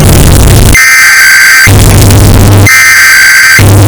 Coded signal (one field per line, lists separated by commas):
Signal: Emergency Alert System (SAME) tones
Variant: header bursts